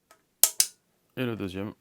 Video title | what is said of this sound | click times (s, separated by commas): Montage complet de mon nouveau BMX RACE CRUISER MEYBO HOLESHOT PRO 22 #bmxrace #alltricks | ça se clip, c'est vachement pratique. | 0.4 s